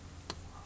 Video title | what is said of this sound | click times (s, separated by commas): 2010 CHRYSLER TOWN & COUNTRY - HOW TO REPLACE SPARK PLUGS & SPARK PLUG WIRES - COMPLETE DIY | just come down to the spark plug and press that in place until you hear a click or feel it click | 0.3 s